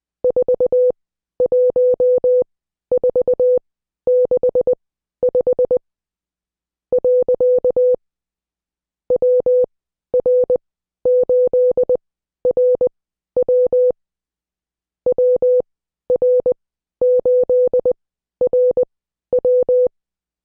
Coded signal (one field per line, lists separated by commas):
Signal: Morse code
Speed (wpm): 20 wpm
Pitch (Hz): 500 Hz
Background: none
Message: 41465 . WR8RW WR8RW